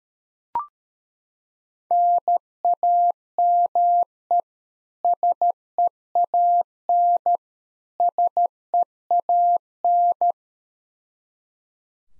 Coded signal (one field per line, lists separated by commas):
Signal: Morse code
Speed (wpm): 13 wpm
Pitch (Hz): 700 Hz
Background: none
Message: NAME SEAN SEAN